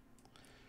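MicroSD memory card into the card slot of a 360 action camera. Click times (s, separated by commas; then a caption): 0.4 s. A microSD memory card, lined up by its printed side with the front of an Insta360 One X 360 action camera, is pushed with a fingernail into the camera's spring-loaded card slot. A few faint ticks lead up to one sharp click at 0.4 s as the slot latches. The card is seated and stays securely in place.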